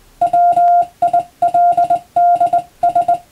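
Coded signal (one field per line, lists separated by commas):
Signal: Morse code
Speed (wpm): 21 wpm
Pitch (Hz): 700 Hz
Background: none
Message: WILDS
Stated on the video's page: Morse code receiving practice for radiotelegraph operator exam and amateur radio, using European-language telegram practice texts.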